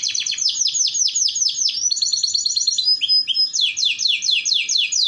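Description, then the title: Canary song, a brisk unbroken sequence of sweeping downward notes, a buzzy roll and a high whistled phrase, followed by repeated fast slurred notes. Belgian canary song, played to warm up canaries and to train young canaries in their song. "Canto Para Esquentar Canário Belga. Terapi Pancingan Suara Kenari Gacor || Masteran Kenari Paud Belajar Bunyi"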